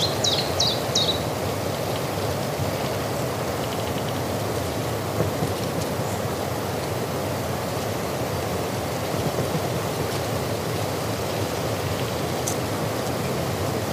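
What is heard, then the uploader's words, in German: Wind on the Hochgern blows as a steady, dense rush, heaviest in the low and middle range, holding an even level throughout with no real gusts. In the first second, three quick, high chirps cut through, and a faint tick sounds near the end. Natur - Wind am Hochgern.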